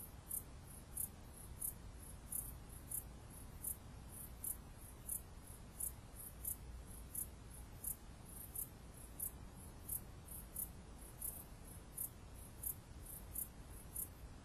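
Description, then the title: Cicada song: a long run of thin, very high pulsed chirps, evenly spaced and steady throughout, over faint low background hum. "jsfanclub_cicada"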